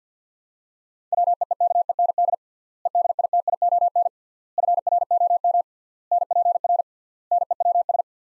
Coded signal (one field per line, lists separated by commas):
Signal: Morse code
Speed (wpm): 48 wpm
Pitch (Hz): 700 Hz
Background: none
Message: WEEKEND EDITION FROM NPR NEWS